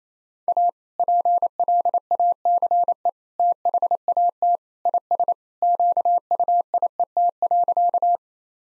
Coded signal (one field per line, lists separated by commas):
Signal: Morse code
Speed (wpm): 28 wpm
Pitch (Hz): 700 Hz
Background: none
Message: A PLACE THAT IS QUIET.